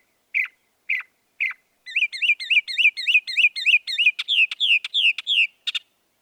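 Northern mockingbird song: three separate sharp calls, then a fast run of repeated wavering slurred notes and a series of downslurred whistles.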